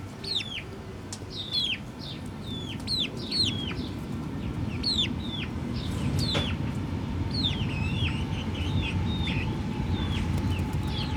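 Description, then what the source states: Chicken chicks calling in a dense chorus of shrill falling peeps above a rising low rumble. Hens and chicks in the chicken house of the Atelier 34zero museum garden, Jette, Brussels, Belgium; recorded with DPA 4060 microphones in AB position into a Zoom F3.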